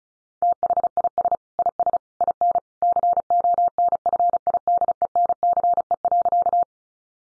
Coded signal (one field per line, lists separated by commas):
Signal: Morse code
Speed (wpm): 34 wpm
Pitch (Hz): 700 Hz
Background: none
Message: THIS IS IN CONFIDENCE.